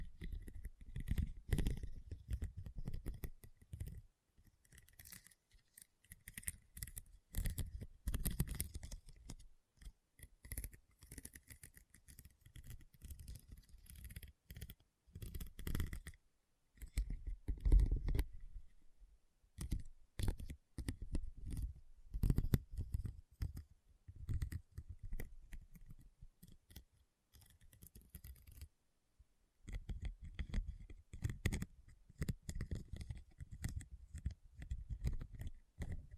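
Rhinestones are tapped and scratched in dense bursts of small, crisp clicks and rasps that come in uneven clusters. Short silences break the activity, notably around 16–17 seconds and 29–30 seconds, with a faint low rumble under the louder taps.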